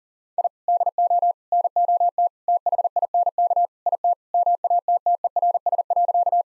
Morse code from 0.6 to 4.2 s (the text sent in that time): DO NOT THINK IT